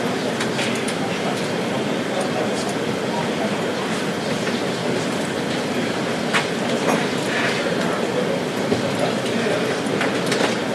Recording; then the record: background sound without coughing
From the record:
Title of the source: Office Sounds Ambience - Background Noise for Study and Work